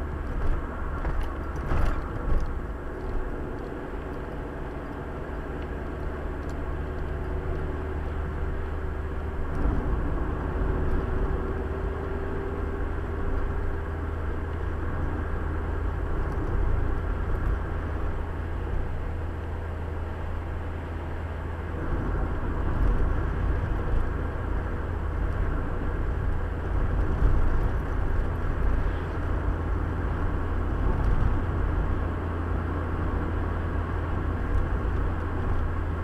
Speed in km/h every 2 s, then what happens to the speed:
67, 66, 69, 71, 71, 71, 75, 76, 77, 77, 77, 77, 77, 77, 78, 79, 79, 79.
0-13 speeds up to 76. 13-36 steady at about 77.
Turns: none.